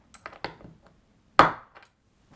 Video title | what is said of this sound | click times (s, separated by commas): Sig Sauer VIRTUS .22 caliber PCP Rifle (Full Review) Semi Auto Airgun | now you're gonna hear a little snap all | 1.4 s